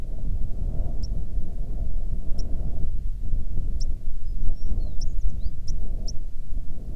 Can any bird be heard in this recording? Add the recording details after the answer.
yes. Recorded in the Prudhoe Bay oil fields, Alaska, on 9 June 2019 at 16:37. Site 21